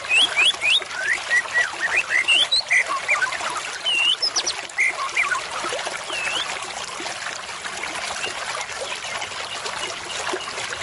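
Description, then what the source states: White-rumped shama song: clear varied whistles, slurred and looping notes, in lively phrases over the first six seconds, then fading, over steady hissing noise. Lure call (pikat) meant to attract birds.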